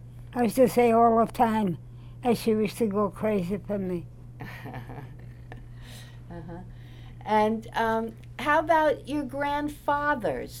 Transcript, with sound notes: I used to say all the time and she used to go crazy for me.
[chuckles] Uh-huh. And how about your grandfathers?